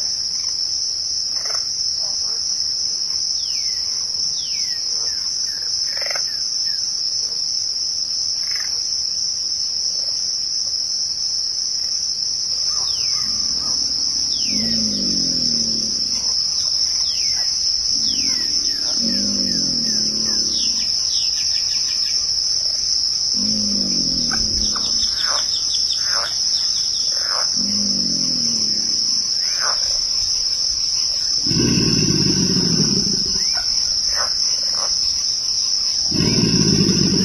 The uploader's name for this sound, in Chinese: 大自然的声音：深夜的沼泽地里